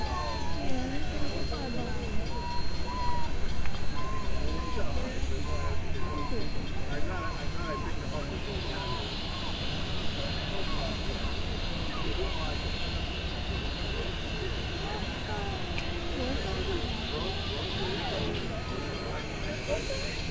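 Big Boy 844 steam locomotive, heard under a thick crowd of overlapping voices and a steady low rumble. From about eight seconds a bright, even hiss rises and holds to the end, with occasional faint clicks on top.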